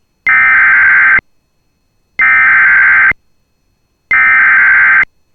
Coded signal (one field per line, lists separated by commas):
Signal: Emergency Alert System (SAME) tones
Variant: header bursts